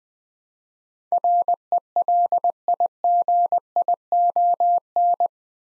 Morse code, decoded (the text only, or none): RELIGION